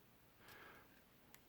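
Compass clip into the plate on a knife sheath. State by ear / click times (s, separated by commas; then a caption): not seated / none. A compass's clip tooth is pushed under a plate mounted with Chicago screws and rubber spacers on a Benchmade Bushcrafter 162 Kydex sheath, making a soft sliding scrape from about 0.5 to 0.8 s and a brief faint tick near 1.3 s. Friction in the tight fit keeps the clip from clicking in, so nothing has seated or clicked yet.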